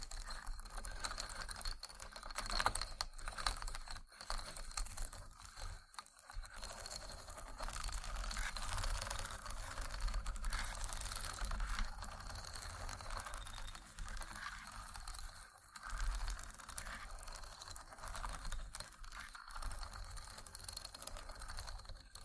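Wooden ASMR triggers: a continuous run of small dry clicks, taps and rattling scrapes, dense and uneven, like fingers working over wooden pieces. The activity barely pauses across the whole stretch, with brief gaps near six and sixteen seconds and a low steady hum underneath.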